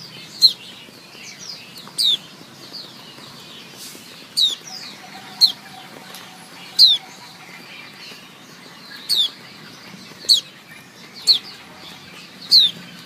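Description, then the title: White-eye giving nine short, high, falling chirps with sharp onsets, spaced irregularly about one to two seconds apart, over faint background twitters. Female white-eye, locally called pleci; chirping used as therapy to prompt silent (mbisu) white-eyes to sing. "Suara Kicau Pleci Betina Terapi Pleci Mbisu"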